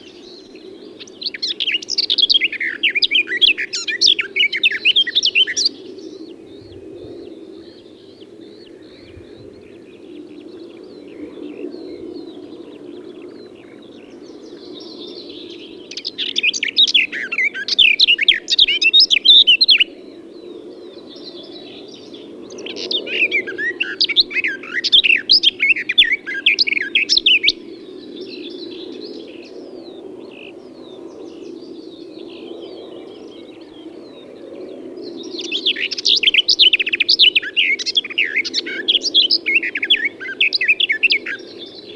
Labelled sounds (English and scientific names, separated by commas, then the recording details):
Barred Warbler (Sylvia nisoria) song
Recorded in the wild
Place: Anklam, Mecklenburg-Vorpommern, DE
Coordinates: 53.812, 13.861
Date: 1980-05-25 06:10
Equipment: Nagra III BH, Sennheiser MD 21, parabola
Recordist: Schubert, Michael